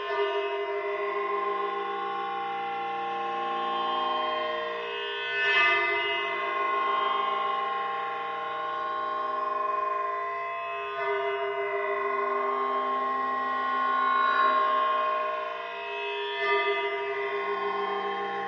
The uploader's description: A repeating sequence from eurorack modular synth customised for drone work and looping/delay sent through transduction speaker attached to the surface of a found piece of crumpled aluminium scrapmetal